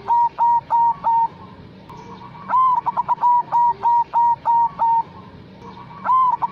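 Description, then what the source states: Zebra dove cooing song, runs of evenly spaced level coos, with a rising note and a quick stutter of clipped notes starting a run, repeated. Lure recording; described as gacor, meaning singing vigorously and continuously.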